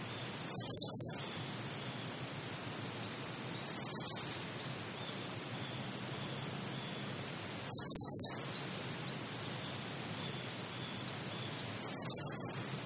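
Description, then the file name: Grey wagtail calls: short clusters of three to four thin, high, sharp notes, repeated roughly every four seconds, with quiet hiss between. "kisekirei"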